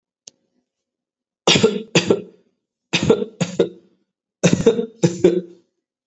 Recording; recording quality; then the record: shallow voluntary cough; excellent, no background noise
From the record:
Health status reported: COVID-19 positive, mild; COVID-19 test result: positive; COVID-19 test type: RT-PCR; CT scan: not taken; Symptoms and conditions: cough, cold, sore throat, fatigue, muscle pain, diarrhoea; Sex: male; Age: 25 years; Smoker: no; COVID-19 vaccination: both doses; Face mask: not worn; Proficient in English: yes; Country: India